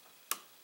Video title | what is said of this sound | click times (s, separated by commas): 01 11 18 Phantom 4 Pro ESC Replacement | and we got the nice little click there that's | 0.3 s